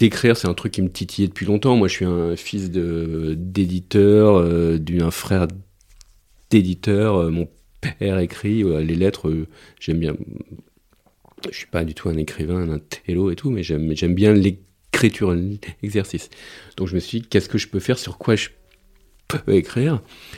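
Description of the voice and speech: A low-pitched man speaks French in a conversational monologue, broken by a whole-word repetition ('j'aime j'aime'), a self-revision, drawn-out sounds and frequent hesitant pauses. These are mild disfluencies of adult stuttering.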